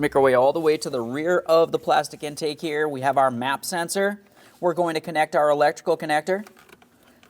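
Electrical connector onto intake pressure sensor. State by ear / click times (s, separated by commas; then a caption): seated / 7.2 s. Someone talks, then a plastic electrical connector is lined up and pressed onto the MAP sensor at the rear of the plastic intake on a 2015-2025 Ford Transit 250 3.7L V6. Small sharp clicks follow the talk, with the connector clicking into place at 7.2 s, seated and secured.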